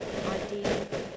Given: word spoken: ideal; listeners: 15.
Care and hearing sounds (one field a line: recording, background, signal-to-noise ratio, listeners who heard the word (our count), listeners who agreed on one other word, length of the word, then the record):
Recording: one English word in noise, from a listening test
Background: noise modulated by three-talker babble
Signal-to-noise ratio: -6.2 dB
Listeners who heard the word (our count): 1 of 15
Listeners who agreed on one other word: 10 of 15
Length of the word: 0.77 s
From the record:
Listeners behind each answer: 10, 2, 2, 1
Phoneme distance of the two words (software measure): 7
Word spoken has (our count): 2 syllables, 4 phonemes, stress on syllable 2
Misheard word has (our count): 2 syllables, 3 phonemes, stress on syllable 2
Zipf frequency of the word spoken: 4.55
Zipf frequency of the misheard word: 5.56